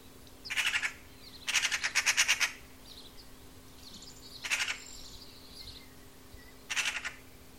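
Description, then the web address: Bird calls in short rapid pulsed bursts, four bursts of chattering notes spaced irregularly, with a steady faint hum underneath. "Deverinetal 2025. Bird Only"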